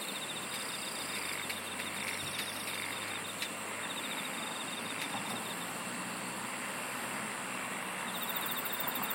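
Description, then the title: Insects keep up a shrill buzzing chorus with a rapid trill, while a low engine-like hum rumbles underneath and a few clicks sound. "SINGING OF INSECTS"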